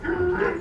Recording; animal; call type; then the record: contact call of a hoofed animal; wild boar; grunt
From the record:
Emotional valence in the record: negative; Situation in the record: naturally occurring agonistic interactions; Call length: 0.61 s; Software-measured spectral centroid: 1330 Hz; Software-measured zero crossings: 1340 a second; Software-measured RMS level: -24 dBFS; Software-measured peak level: -12 dBFS